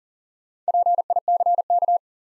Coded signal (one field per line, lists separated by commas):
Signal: Morse code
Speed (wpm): 41 wpm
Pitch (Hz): 700 Hz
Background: none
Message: PICK